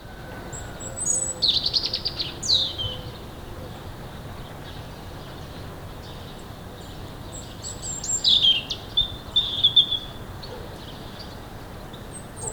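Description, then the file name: European robin singing high, liquid warbling phrases, one burst early and another later after a quiet gap. "Erithacus rubecula"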